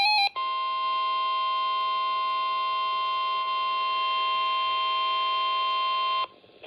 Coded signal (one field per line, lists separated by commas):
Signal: Emergency Alert System (SAME) tones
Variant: 1050 Hz attention tone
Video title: Severe Thunderstorm Warning (EAS #152)